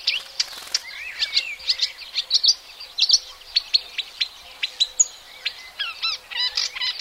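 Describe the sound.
Marsh warbler song of rapid varied phrases: twangy slurs, sharp clicks and trilled notes shifting constantly, with a faint low steady hum behind.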